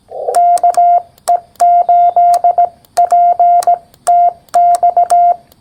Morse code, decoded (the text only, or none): KE8PTX